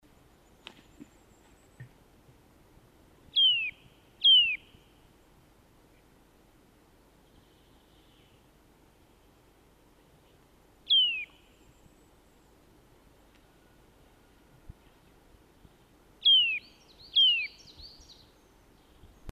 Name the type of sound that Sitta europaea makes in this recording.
song